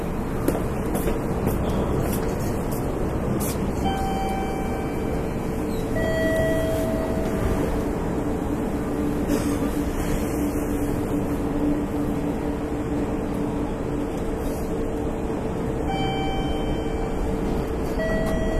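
Onboard an express train on the Nara Line, a dense, steady low rumble of running wheels and motors fills the whole stretch at an even level. A faint tone holds throughout, and brief higher whines or squeals come and go, around five and sixteen seconds.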